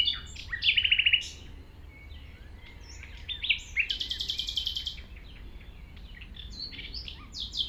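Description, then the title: Common nightingale song opening with a fast rattle, then a rising whistle leading into a long rapid run of repeated pulses, followed by softer varied notes; low background rumble. Singing in tall grass at Chindrieux, France, approached on foot by the recordist; deaf to outside noise while singing. "195 Rue de Vars, 73310 Chindrieux, France - approche d'un rossignol"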